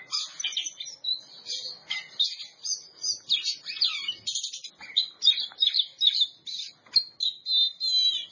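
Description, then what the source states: Oriental magpie-robin singing a dense, fast medley of high whistled notes, trills and harsh chips, delivered in quick bursts with barely a pause between them. Champion bird.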